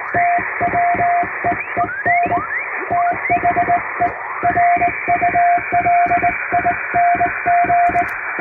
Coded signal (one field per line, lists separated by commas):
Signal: Morse code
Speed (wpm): 20 wpm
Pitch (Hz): 700 Hz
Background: music, radio noise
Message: TWEEN THE RULING